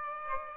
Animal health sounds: mosquito wingbeat signal from an infrared sensor; Aedes aegypti

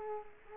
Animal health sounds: mosquito wingbeat signal from an infrared sensor; Culex quinquefasciatus

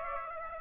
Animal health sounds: mosquito wingbeat signal from an infrared sensor; Aedes aegypti

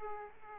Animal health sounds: mosquito wingbeat signal from an infrared sensor; Aedes aegypti

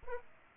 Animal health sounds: mosquito wingbeat signal from an infrared sensor; Aedes aegypti

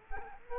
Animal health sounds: mosquito wingbeat signal from an infrared sensor; Culex quinquefasciatus

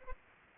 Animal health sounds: mosquito wingbeat signal from an infrared sensor; Anopheles arabiensis

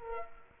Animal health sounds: mosquito wingbeat signal from an infrared sensor; Culex quinquefasciatus

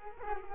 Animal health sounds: mosquito wingbeat signal from an infrared sensor; Culex quinquefasciatus

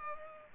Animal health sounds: mosquito wingbeat signal from an infrared sensor; Culex pipiens

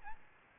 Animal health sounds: mosquito wingbeat signal from an infrared sensor; Aedes albopictus

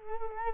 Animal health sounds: mosquito wingbeat signal from an infrared sensor; Culex quinquefasciatus

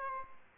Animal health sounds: mosquito wingbeat signal from an infrared sensor; Aedes albopictus

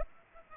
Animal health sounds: mosquito wingbeat signal from an infrared sensor; Aedes aegypti

